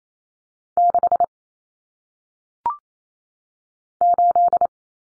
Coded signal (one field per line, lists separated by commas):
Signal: Morse code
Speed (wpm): 28 wpm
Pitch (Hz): 700 Hz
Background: none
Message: 6 8